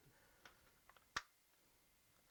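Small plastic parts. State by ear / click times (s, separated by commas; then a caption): seated / 1.2 s. One half of a plastic model kit fuselage is pressed into the other half, with faint ticks at about 0.5, 0.9 and 1.0 seconds. The rear seam then closes with a loud, sharp click at 1.2 seconds. The halves are seated with a tight fit and tight seams.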